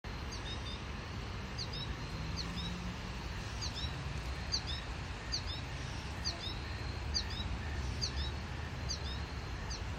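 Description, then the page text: American goldfinch calls: short, high paired chirps repeated about once a second, heard over steady low rumbling background noise. Recorded in Maryland. "Maryland Biodiversity. American Goldfinch ( Spinus tristis )"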